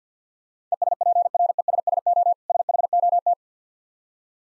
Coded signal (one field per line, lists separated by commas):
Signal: Morse code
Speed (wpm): 50 wpm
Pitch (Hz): 700 Hz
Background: none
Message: ESPRESSO SHOT